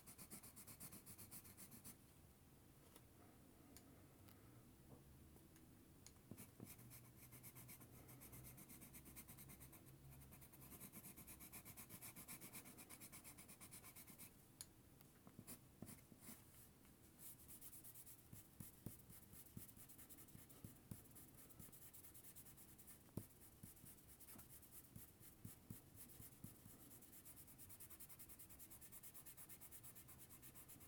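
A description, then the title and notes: A pencil scratches and rubs steadily across paper, with dense, bright strokes and quick sharp ticks that thicken after fifteen seconds. 鉛筆で絵を描く音（Binaural）- The sound of drawing a picture with a pencil. 白い紙に鉛筆でカリカリと絵を描きました。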